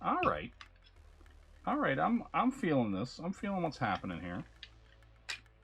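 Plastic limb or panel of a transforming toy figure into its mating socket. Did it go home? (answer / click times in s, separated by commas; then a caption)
yes / 4.6 s, 5.3 s. Someone talks while pushing a plastic limb or panel of a Transformers x G.I. Joe Soundwave / Dreadnok Thunder Machine transforming toy robot/vehicle into its mating socket. Sharp plastic clicks sound at 4.6 s and 5.3 s as the part seats.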